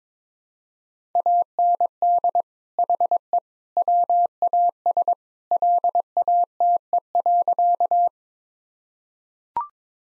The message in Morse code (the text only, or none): AND HE WAS LATE.